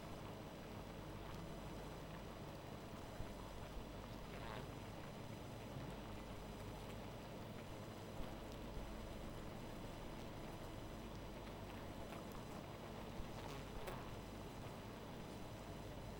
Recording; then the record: honeybee colony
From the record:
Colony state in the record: missing queen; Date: 14 July 2017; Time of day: 0:40